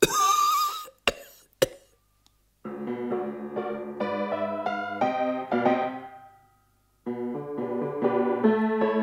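man coughing

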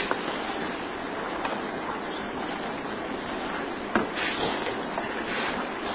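water sounds

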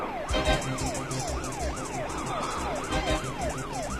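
police car siren

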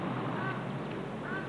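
crow cawing

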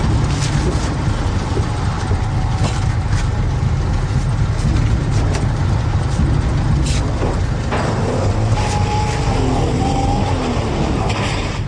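car driving away

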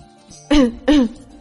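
dry cough

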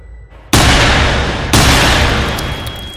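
two gunshots

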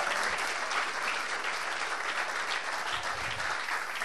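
audience applauding

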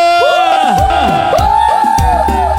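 crowd shouting

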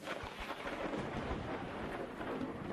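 heavy rain with thunder

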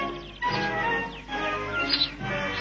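small bird chirping

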